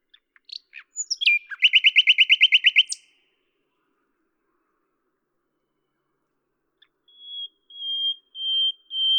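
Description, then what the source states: Common nightingale song: sharp opening notes, a fast rattling trill of repeated chirps, then a pause and a series of slow pure whistles. At Lavours, France, on 10 May 1998; Tascam DAP-1 with Télingua microphone, edited in Samplitude 5.1.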